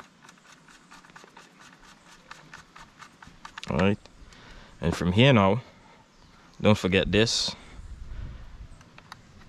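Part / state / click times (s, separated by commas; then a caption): small internal part going into an air rifle's plastic receiver shell / seated / 9.1 s. While reassembling a Daisy 880 air rifle, a small internal part is fitted into the plastic receiver half as someone talks over faint handling ticks. The part snaps into place with a short, sharp click at 9.1 s, seated ready for the screws to be added.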